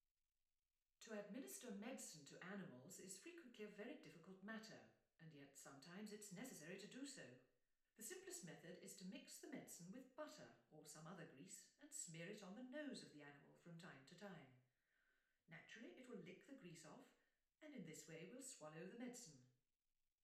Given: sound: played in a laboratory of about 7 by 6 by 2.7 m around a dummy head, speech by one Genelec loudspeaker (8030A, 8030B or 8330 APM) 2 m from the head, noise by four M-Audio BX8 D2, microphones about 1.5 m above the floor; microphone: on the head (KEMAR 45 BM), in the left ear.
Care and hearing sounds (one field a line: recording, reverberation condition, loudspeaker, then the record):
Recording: female speech in English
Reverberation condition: medium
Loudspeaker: 150 degrees to the left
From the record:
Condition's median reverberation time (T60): about 510 ms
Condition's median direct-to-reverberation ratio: about -0.5 dB